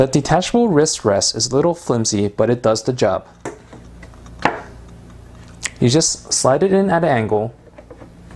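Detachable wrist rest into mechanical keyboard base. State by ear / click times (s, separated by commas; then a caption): not seated / none. Someone talks while handling the detachable plastic wrist rest of a Creative Sound Blaster X Vanguard K08 mechanical keyboard, which is slid in at an angle toward the keyboard base to be pushed down until it locks. Faint handling taps and a couple of sharper knocks around 4.5 s and 5.7 s are heard between the speech. Nothing has seated or clicked yet by the end of the clip.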